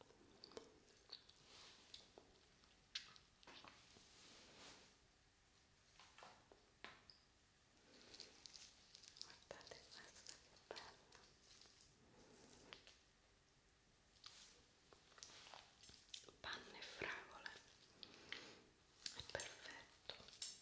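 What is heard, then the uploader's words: Eating sounds: wet smacking, squishing and soft crunchy clicks come in irregular bursts throughout, bright. Sharper crisp snaps stand out around three, ten and seventeen seconds, with short pauses between chews. Eating Sounds.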